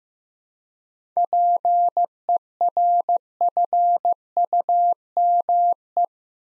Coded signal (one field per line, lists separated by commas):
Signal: Morse code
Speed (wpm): 15 wpm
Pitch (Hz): 700 Hz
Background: none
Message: PERFUME